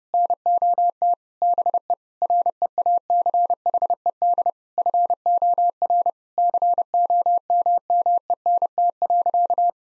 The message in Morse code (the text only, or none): NOT BE REACHED FOR COMMENT.